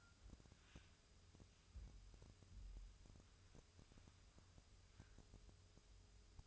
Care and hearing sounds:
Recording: daily activity, microphone in the room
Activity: wipe stove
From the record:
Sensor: 2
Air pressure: 1004.7 hPa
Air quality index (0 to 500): 73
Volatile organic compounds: 1 ppm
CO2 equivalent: 861 ppm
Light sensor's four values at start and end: 7/16/7/7 and 7/16/7/7

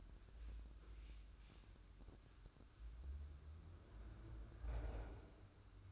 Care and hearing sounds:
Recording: daily activity, microphone in the room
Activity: wipe stove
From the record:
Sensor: 2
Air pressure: 996.0 hPa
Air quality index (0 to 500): 91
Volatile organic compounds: 4 ppm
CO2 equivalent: 1662 ppm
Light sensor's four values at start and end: 24/78/31/29 and 25/80/31/30

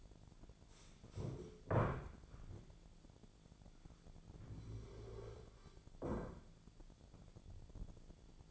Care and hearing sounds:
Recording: daily activity, microphone in the room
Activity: stand up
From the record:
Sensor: 5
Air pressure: 1008.1 hPa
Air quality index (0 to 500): 154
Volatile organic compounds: 3 ppm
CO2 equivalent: 1486 ppm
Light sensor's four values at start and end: 59/165/64/64 and 59/165/64/64

